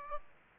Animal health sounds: mosquito wingbeat signal from an infrared sensor; Aedes aegypti

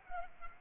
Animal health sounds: mosquito wingbeat signal from an infrared sensor; Culex pipiens

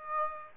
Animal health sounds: mosquito wingbeat signal from an infrared sensor; Aedes aegypti

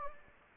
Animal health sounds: mosquito wingbeat signal from an infrared sensor; Anopheles gambiae

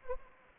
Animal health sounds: mosquito wingbeat signal from an infrared sensor; Anopheles arabiensis

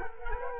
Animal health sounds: mosquito wingbeat signal from an infrared sensor; Culex quinquefasciatus

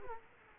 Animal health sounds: mosquito wingbeat signal from an infrared sensor; Culex quinquefasciatus

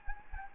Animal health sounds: mosquito wingbeat signal from an infrared sensor; Anopheles gambiae

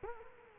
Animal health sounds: mosquito wingbeat signal from an infrared sensor; Culex quinquefasciatus

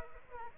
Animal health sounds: mosquito wingbeat signal from an infrared sensor; Aedes aegypti

